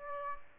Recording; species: mosquito wingbeat signal from an infrared sensor; Aedes aegypti